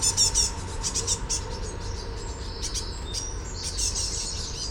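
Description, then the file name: Great tit harsh calls, a fast burst of raspy clicks at the start, then scattered buzzy rattles and thin notes against constant low background noise. "Parus major"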